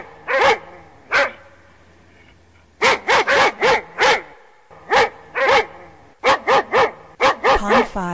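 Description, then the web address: Dog giving loud repeated barks, two spaced single barks then several quick volleys of two to five barks each, ending with a whine-like rising sound. "dog barking"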